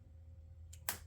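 A hex key is turned on a tight set screw in a shaft collar on a Saito FG-60R3 model aircraft engine, with care taken not to strip it. Over a low steady hum, a faint tick at 0.7 s comes before a sharp snap at 0.9 s as the screw breaks loose. The screw is released.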